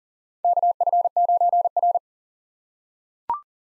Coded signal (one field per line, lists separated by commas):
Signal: Morse code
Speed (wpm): 40 wpm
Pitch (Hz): 700 Hz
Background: none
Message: KF9R